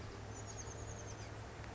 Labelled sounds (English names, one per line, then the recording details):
Chestnut-backed Chickadee
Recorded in Sonoma County, California